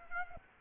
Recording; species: mosquito wingbeat signal from an infrared sensor; Aedes aegypti